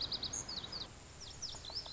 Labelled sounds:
Lazuli Bunting (Passerina amoena)

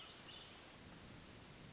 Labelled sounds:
Hermit Thrush (Catharus guttatus)

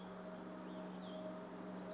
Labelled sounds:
Cassin's Vireo (Vireo cassinii)

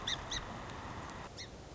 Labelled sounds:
Song Sparrow (Melospiza melodia)

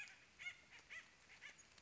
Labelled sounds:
Acorn Woodpecker (Melanerpes formicivorus)

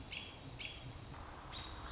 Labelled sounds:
American Robin (Turdus migratorius)

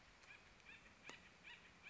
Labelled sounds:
Acorn Woodpecker (Melanerpes formicivorus)

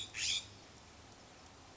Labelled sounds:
California Scrub-Jay (Aphelocoma californica)

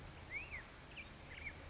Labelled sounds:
Black-headed Grosbeak (Pheucticus melanocephalus)

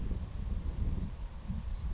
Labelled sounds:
Savannah Sparrow (Passerculus sandwichensis)

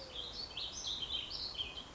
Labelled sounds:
Warbling Vireo (Vireo gilvus)

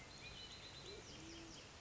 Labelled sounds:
Band-tailed Pigeon (Patagioenas fasciata)

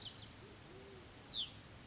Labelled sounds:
Band-tailed Pigeon (Patagioenas fasciata)

